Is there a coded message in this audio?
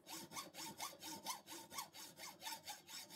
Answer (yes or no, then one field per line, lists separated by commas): no